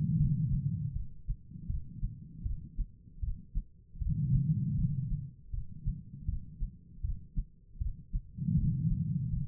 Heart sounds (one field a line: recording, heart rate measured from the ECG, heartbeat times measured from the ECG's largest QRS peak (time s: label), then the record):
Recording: heart sounds by stethoscope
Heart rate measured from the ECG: 79 bpm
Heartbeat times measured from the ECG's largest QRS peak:
0.18 s: heartbeat
0.93 s: heartbeat
1.67 s: heartbeat
2.43 s: heartbeat
3.21 s: heartbeat
3.99 s: heartbeat
4.76 s: heartbeat
5.51 s: heartbeat
6.26 s: heartbeat
7.02 s: heartbeat
7.79 s: heartbeat
8.55 s: heartbeat
9.30 s: heartbeat
From the record:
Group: healthy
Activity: rest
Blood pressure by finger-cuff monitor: 132/94 mmHg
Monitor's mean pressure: 113 mmHg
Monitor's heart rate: 78 bpm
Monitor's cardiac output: 4.6 L/min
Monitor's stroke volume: 59 mL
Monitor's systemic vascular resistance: 1830 dyn s/cm5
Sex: female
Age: 51 years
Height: 162 cm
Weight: 70.04 kg